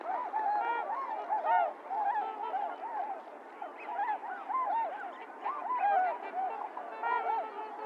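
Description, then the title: Trumpeter swans giving a steady stream of overlapping horn-like honks, arched notes from many birds blending into a continuous noisy chorus. Recorded 28 January 2022; several swans; low frequencies filtered out. "1 28 22 trumpeter swans lowcut"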